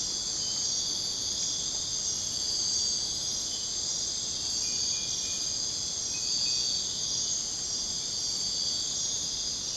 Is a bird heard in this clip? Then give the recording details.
no. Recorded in secondary vegetation near Puerto Asís, Putumayo, Colombia, on 23 June 2025 at 04:00. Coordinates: 0.484, -76.319. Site G074